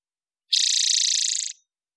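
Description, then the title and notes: Spotted towhee trill: one rapid, buzzy, evenly pulsed phrase of about a second, sharply started and tapering briefly at the end. Recorded in the Pacific Northwest, Washington, United States, with a parabolic microphone; clean-processed for clarity with natural pace and rhythm kept. "BIRDSong New World Sparrows - Spotted Towhee Song. Spotted Towhee, Pipilo maculatus, parabolic recording. Recorded in the beautiful Pacific Northwest, Washington, United States"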